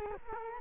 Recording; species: mosquito wingbeat signal from an infrared sensor; Culex quinquefasciatus